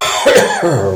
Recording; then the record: coughing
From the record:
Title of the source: Mid-morning Winter Coughing Fit